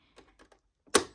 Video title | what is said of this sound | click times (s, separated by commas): 2025 Bobbin issues, troubleshooting, and tips for Brother SE725 #brotherse725 #brothersewingmachine | you're going to hear that click you also heard the machine make a beeping sound | 1.0 s